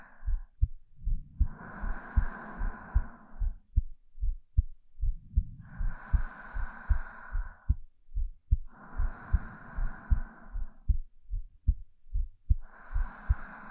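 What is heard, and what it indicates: Steady low thumps at about 76 beats a minute form a regular heartbeat throughout, a mother's heartbeat. Soft, airy whispering or breathing swells over it every few seconds. It is a calm, soothing heartbeat.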